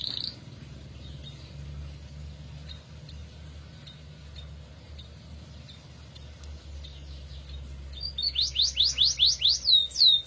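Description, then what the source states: Atlantic canary song: faint scattered chirps, then a loud, fast rolling trill of sweeping notes in the final two seconds. F1 canary (Kenari F1 Ys); therapy recording for a canary that has stopped singing (macet).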